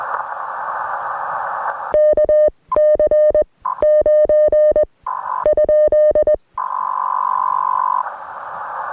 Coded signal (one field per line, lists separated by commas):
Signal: Morse code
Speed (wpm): 20 wpm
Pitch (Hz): 610 Hz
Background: music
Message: KC9 ?